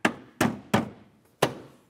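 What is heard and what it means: A plastic windshield cowl grille panel is pressed down onto the cowl of a 2009-2014 Ford F-150 pickup, and four sharp knocks are heard at 0.1, 0.4, 0.7 and 1.4 seconds as its retaining clips seat. The panel ends up seated, flush on both sides and locked into place.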